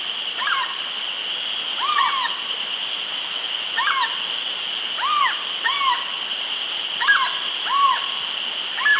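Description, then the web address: Cacomistle uttering brief arched yelps, sometimes doubled, at irregular intervals of about one to two seconds, against a constant shrill hum. Mammal of the South American rainforest. "Natures Songs S America Mammals of the Rainforest Cacomistle"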